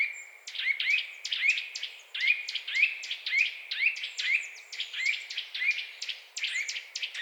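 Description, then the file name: Eurasian nuthatch giving a steady run of short rising chirps among dense, sharp, high clicking notes. "Sitta europaea"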